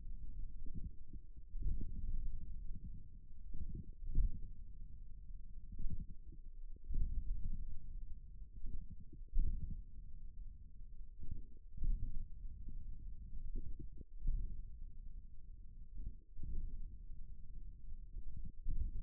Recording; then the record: forearm muscle sounds (acoustic myography)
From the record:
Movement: index flexion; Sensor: system 1, eight BSWA MPA416 microphones around the upper forearm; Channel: 8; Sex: male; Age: 41 years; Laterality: right